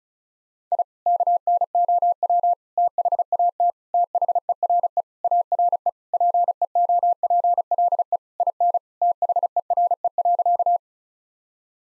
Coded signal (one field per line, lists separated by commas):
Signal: Morse code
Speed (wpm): 36 wpm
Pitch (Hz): 700 Hz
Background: none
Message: I KNOW THAT THERE ARE PEOPLE IN THERE.